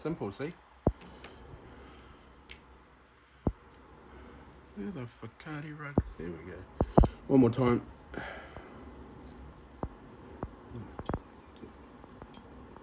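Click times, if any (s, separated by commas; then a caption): none. A crimped metal terminal pin on 20 AWG wire is handled at the plastic housing of a servo-style plug while making a dead plug, with someone talking and short sharp ticks scattered through the clip. The pin has not clicked or seated into the housing yet.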